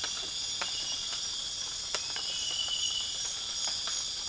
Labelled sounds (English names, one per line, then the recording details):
none
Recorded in dense forest near Puerto Asís, Putumayo, Colombia, on 12 March 2025 at 02:00
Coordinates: 0.484, -76.325
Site G045